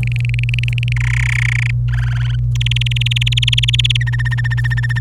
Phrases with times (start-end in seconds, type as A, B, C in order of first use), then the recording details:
0.03-0.93 A, 0.96-1.71 B, 1.88-2.35 C, 2.55-3.97 D, 4.00-4.99 E. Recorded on 25 April 2018 at 16:32. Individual llb3